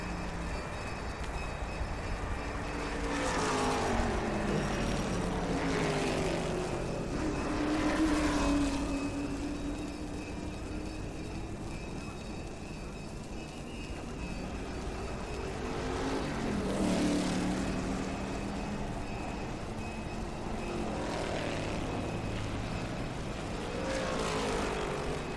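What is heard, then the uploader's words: Street traffic rumbles steadily, with engines rising and falling in pitch as vehicles pass. Louder passes swell around four, eight, seventeen and twenty-five seconds, their low engine tones sweeping up and down. A constant traffic hiss fills the gaps between them. The Sounds of Motoring.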